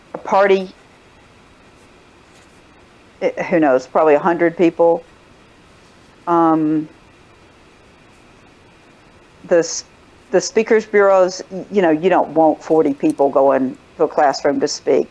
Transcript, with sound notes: party—uh, who knows, probably a hundred people… [pause] The speakers bureaus, you know, you don’t want forty people going to a classroom to speak.